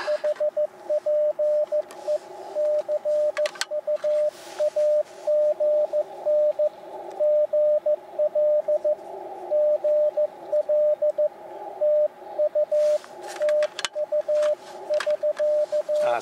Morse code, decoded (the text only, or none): HPE CUAGN GL GL TU TU <SK>